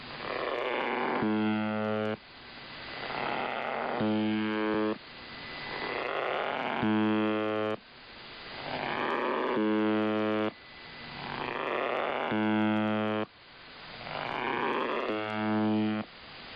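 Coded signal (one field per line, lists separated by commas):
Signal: channel marker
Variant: UVB-76 (The Buzzer)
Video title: [2023/01/15] UVB-76 奇妙なブザー音 strange buzzing sound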